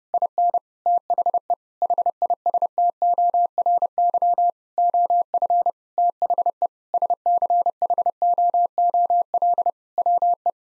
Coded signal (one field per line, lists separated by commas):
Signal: Morse code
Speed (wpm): 30 wpm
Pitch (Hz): 700 Hz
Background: none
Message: IN THE HISTORY OF THE SCHOOL WE